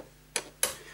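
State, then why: Seated. While reassembling a 1970s Bang & Olufsen BeoCord 1100 cassette deck, the removed internal mechanism or panel assembly is put back into the chassis and pushed home. Two sharp clicks sound at 0.4 s and 0.6 s as the assembly locks into place.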